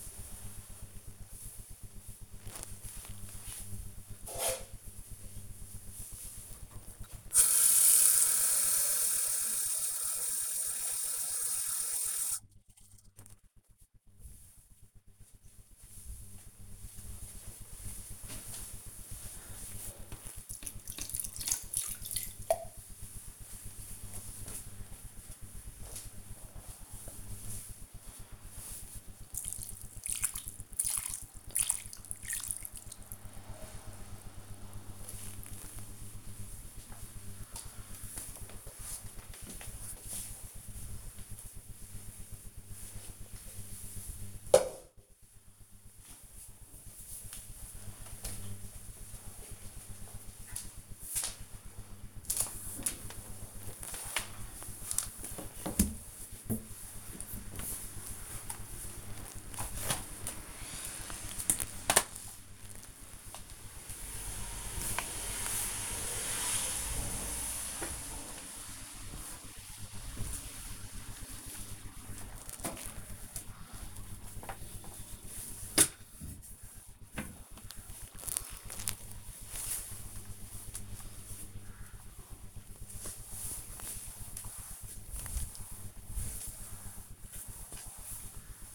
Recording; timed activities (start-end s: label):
household activities, microphone on the right wrist
6.20-37.45 s: watering plant
53.55-88.75 s: floor cleaning